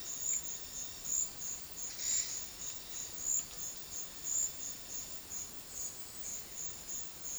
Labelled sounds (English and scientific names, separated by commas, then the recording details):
none
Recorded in dense forest near Puerto Asís, Putumayo, Colombia, on 21 February 2024 at 10:30
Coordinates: 0.500, -76.322
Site G6465